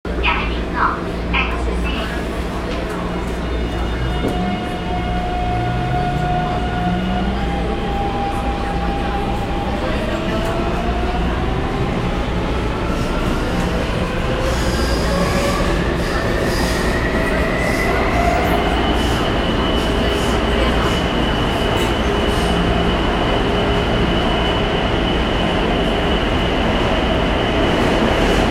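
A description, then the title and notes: A Taipei metro train rumbles steadily, its low roar overlaid by shifting whines and squeals that rise and fall throughout. Taipei metro.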